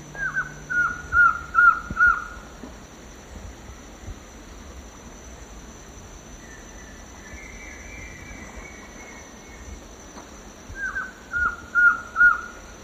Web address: Natures Songs S America Eastern Lowlands Trogon collaris, song